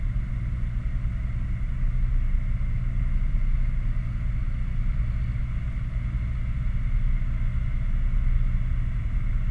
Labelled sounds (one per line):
machinery
flare stack